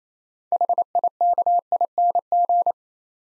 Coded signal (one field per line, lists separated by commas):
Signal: Morse code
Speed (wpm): 27 wpm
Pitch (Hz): 700 Hz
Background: none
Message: HIKING